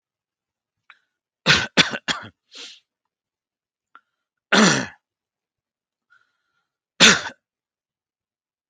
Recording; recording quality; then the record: heavy voluntary cough; excellent, no background noise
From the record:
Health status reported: healthy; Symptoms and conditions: hypertension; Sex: male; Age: 48 years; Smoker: not ticked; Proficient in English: yes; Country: India